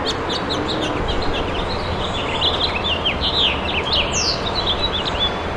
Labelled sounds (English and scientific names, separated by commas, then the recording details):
House Finch (Haemorhous mexicanus) song
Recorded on Long Island, New York, on 18 June 2012
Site OG
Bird B